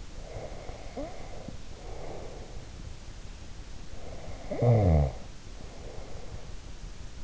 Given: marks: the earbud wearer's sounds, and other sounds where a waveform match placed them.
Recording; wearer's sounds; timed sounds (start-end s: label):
sounds in sleep by an in-ear microphone; snoring breath
0.25-3.05 s: snoring breath
3.93-6.56 s: snoring breath